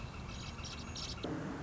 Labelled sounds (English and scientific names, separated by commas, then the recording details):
Northern Flicker (Colaptes auratus)
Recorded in Sonoma County, California